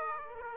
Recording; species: mosquito wingbeat signal from an infrared sensor; Aedes aegypti